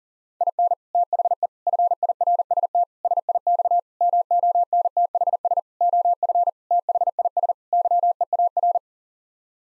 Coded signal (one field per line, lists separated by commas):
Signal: Morse code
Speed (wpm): 40 wpm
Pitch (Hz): 700 Hz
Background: none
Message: IN THE FIRST SIX MONTHS OF THIS YEAR